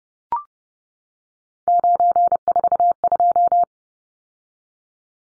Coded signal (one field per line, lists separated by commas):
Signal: Morse code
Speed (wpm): 30 wpm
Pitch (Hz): 700 Hz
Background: none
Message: 942